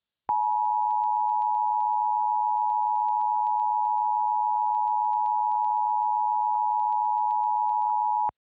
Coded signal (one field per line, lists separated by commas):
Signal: Emergency Alert System (SAME) tones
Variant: 853 and 960 Hz attention tone